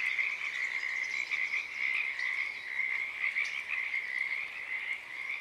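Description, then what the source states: Dense Pacific tree frog chorus of rapid overlapping croaks, loud and unbroken, pulsing slightly in intensity across the whole stretch. Wild chorus starting and stopping, Oaks Bottom Wildlife Refuge, Portland, Oregon, USA, morning of Friday April 7 2023, uncommon at that time of day.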